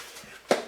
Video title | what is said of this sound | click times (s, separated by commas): PowerSmart 40V Leaf Blower. Wow, Just Wow. | there we go kind of lock in once you get them set up there you go so that's pretty nice | 0.5 s